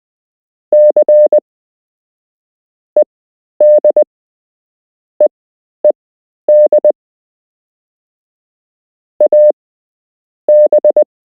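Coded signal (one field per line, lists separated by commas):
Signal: Morse code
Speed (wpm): 20 wpm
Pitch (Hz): 600 Hz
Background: none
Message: C EDEED AB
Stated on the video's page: Beginner Morse code lesson with real Morse code to learn, part 1 of 8.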